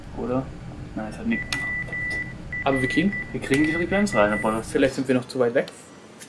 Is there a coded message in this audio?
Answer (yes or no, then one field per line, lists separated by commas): yes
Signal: Morse code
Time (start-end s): 1.3-4.4 s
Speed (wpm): 12 wpm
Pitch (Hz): 2000 Hz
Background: speech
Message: WRB